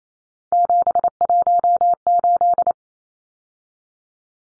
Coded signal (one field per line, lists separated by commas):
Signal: Morse code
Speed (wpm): 28 wpm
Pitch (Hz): 700 Hz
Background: none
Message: 718